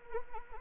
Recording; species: mosquito wingbeat signal from an infrared sensor; Anopheles arabiensis